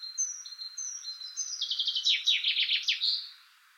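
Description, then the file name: Common chaffinch song: thin opening notes lead into a trill that finishes with a short flourish. "Fringilla coelebs"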